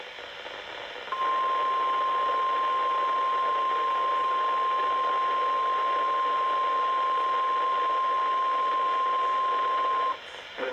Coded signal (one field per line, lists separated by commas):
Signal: Emergency Alert System (SAME) tones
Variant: 1050 Hz attention tone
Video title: RWT (EAS #45)